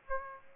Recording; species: mosquito wingbeat signal from an infrared sensor; Aedes aegypti